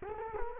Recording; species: mosquito wingbeat signal from an infrared sensor; Culex quinquefasciatus